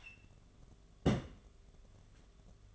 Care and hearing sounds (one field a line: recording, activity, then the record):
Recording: daily activity, microphone in the room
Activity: place on stove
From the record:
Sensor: 4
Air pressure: 1011.1 hPa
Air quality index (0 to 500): 144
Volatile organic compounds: 3 ppm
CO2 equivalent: 1471 ppm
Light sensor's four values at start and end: 197/513/217/226 and 186/485/205/214